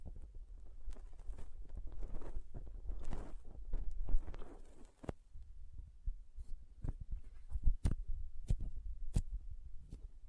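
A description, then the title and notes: Soft, squishy and sticky handling sounds with light crinkles run throughout, a dense patter of small wet clicks and rustles over a low thumping rumble. Sharp bright snaps stand out near five, eight, eight and a half and nine seconds. Soft Squishy Sticky, Crinkle, Cutting Sounds.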